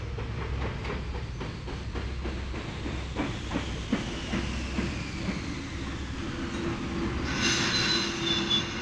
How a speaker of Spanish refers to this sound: El tren era inmenso, mucho más grande de lo que podían soportar las angostas vías magnéticas. Nubes de vapor salieron de la locomotora cuando frenó de golpe en la estación